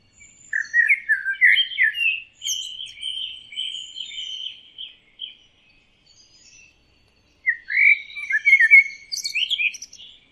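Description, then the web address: Bird twittering calls: chattering chirps that settle into a steady, buzzy trill for a few seconds, then quiet, then a fresh burst of high twitters. "Deverinetal 2025. Bird Only"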